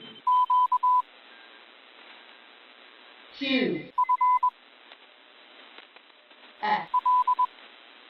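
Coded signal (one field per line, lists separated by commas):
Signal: Morse code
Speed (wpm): 21 wpm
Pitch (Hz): 1000 Hz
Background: speech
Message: QFL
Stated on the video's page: Morse recognition practice including prosigns, sent at 20 wpm.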